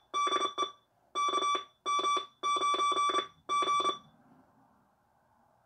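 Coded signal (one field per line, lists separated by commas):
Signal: Morse code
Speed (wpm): 27 wpm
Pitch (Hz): 1160 Hz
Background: none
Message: DE KM9G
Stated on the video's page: Morse from a vintage 1980s Autek Research MK-1 CMOS memory keyer.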